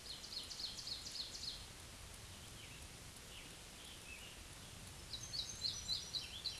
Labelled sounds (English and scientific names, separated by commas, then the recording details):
Scarlet Tanager (Piranga olivacea) song
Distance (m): 125 m
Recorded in a Pennsylvania forest on 1 June 2023 at 08:09
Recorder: AudioMoth, point grid3_15_low
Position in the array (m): 162 m, 141 m